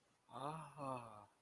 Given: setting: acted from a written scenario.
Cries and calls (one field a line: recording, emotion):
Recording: vocal sound without words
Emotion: awe